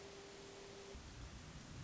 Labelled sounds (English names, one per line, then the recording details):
Hermit Thrush
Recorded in Sonoma County, California